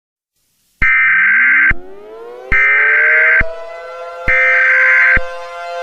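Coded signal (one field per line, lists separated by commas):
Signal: Emergency Alert System (SAME) tones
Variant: header bursts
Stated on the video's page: Fictional mini-scenario alert about robots.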